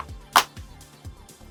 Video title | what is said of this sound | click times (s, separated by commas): Meta Quest 3 VR Headset Head Strap & Facial Interface Replacement Tutorial | on your headset, and then you push until you hear click. | 0.4 s